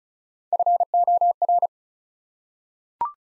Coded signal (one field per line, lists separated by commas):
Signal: Morse code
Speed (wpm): 34 wpm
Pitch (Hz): 700 Hz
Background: none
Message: FOR